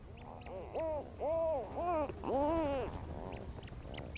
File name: Rhinoceros Auklets